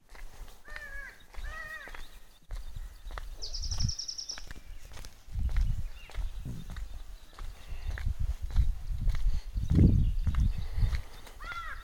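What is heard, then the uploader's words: A breezy morning walk with low wind rumble and uneven footsteps, birds chirping at the start and end, and a brief high insect-like trill. Morning walkthrough at the Nilgiris. A pleasant morning walk at the breezy roads of nilgiris.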